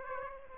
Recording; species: mosquito wingbeat signal from an infrared sensor; Aedes aegypti